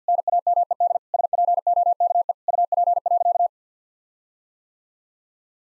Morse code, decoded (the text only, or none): NAMED SPOKE UP.